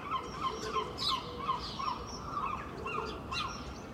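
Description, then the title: Gull giving a series of short harmonic yelping notes, with other birds chirping and twittering around it. Early morning, Filey, April 2023, recorded from a second-storey window with Clippy microphones and a Roland R-07; gulls make many different, very loud sounds; many other birds. "Seagulls"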